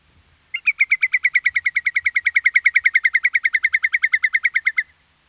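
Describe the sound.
Whimbrel trill: a long series of many clear whistled notes delivered quickly and evenly for over four seconds, with only faint low rumble behind.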